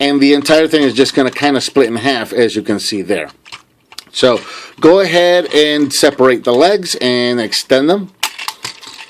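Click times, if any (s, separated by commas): none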